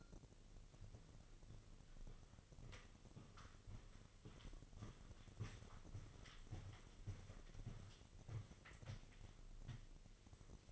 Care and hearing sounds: daily activity, microphone in the room; walk to room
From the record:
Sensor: 4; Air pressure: 1000.4 hPa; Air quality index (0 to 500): 210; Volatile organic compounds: 20 ppm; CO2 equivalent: 2704 ppm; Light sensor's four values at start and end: 9/21/8/8 and 9/20/8/8

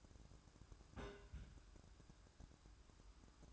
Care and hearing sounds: daily activity, microphone in the room; place on stove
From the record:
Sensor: 2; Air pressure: 1007.8 hPa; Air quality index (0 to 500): 99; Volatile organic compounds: 1 ppm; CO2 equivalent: 748 ppm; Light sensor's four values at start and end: 7/15/6/6 and 7/15/6/6

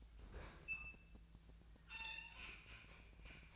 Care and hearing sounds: daily activity, microphone in the room; open fridge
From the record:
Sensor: 2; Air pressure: 1009.6 hPa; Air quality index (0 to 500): 183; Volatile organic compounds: 11 ppm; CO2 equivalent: 2282 ppm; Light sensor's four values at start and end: 27/65/28/31 and 27/65/28/31

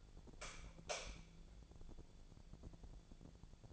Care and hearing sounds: daily activity, microphone in the room; light on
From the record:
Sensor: 5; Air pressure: 1000.2 hPa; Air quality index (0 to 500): 98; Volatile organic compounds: 1 ppm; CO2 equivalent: 801 ppm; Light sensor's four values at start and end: 211/503/215/237 and 212/507/216/238

